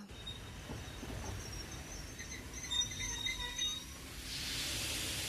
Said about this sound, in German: Es wird langsam Zeit. Wir kommen an. Alles ist gut gegangen. Ein ausgezeichneter Zug, nicht wahr?